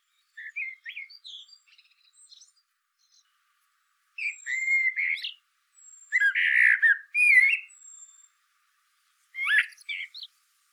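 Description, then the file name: Eurasian blackbird singing fluty, slurred phrases separated by silent gaps, several finishing in scratchy high twitters; a faint thin whistle drifts in the background. "Turdus merula"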